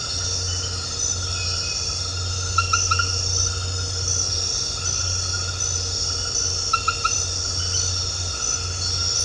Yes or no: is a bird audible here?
no